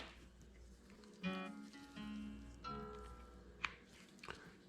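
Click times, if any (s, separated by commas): 3.6 s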